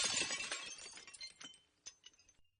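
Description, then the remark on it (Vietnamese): A loud ceramic crash as a hard-thrown teapot smashes against a wall and falls to the floor, shattering: a bright burst of breaking fragments followed by scattered clinks and tinkles of shards settling over a couple of seconds. “Cái ấm nước bay trượt qua đầu Mai, đập thẳng vào bức vách kêu choang một tiếng, rồi rơi xuống đất bể tan tành.”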